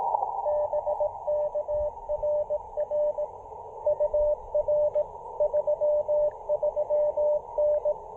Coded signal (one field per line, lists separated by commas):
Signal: Morse code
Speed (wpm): 17 wpm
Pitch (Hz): 600 Hz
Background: radio noise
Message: BK RR UR 33N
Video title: Picnic Table POTA with the CHA MPAS Lite and CHA UCM